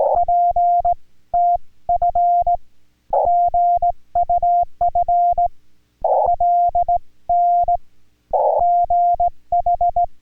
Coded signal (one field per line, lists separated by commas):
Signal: Morse code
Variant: Korean alphabet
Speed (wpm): 18 wpm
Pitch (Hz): 700 Hz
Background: none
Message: 전 신 교 수